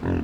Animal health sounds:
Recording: contact call of a hoofed animal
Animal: wild boar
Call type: grunt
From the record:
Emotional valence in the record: positive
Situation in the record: food anticipation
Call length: 0.24 s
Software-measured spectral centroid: 980 Hz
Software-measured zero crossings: 570 a second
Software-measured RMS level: -25 dBFS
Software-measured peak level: -14 dBFS

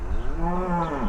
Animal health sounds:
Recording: contact call of a hoofed animal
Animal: cattle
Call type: low-frequency (closed-mouth) or high-frequency (open-mouth) call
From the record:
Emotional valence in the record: negative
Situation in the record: full separation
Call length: 1.09 s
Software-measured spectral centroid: 970 Hz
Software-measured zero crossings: 800 a second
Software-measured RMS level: -24 dBFS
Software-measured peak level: -13 dBFS

